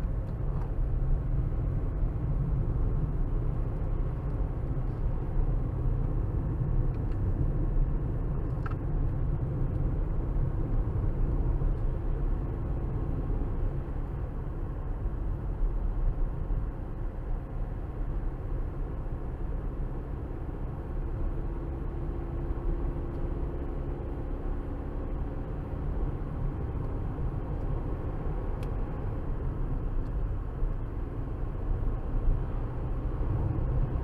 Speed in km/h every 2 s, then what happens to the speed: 56, 61, 61, 61, 61, 66, 68, 66, 63, 64, 63, 66, 69, 71, 72, 71, 74.
0-12 speeds up to 68. 12-20 steady at about 64. 20-34 speeds up to 74.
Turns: none.